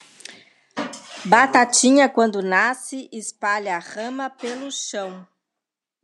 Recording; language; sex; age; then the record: short text; Brazilian Portuguese; female; 50 to 59 years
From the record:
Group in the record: control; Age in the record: 50 years